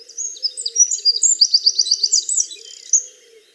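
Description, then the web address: Eurasian wren song, a fast high jumble of trills and rapid repeated notes lasting about three seconds. "geluiden winterkoning zang"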